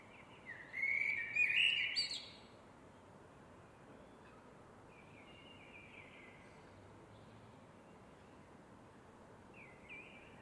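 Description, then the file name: Eurasian blackbird song: a loud fluted warble with a scratchy high ending, then softer phrases at intervals through a quiet background. "MERLES"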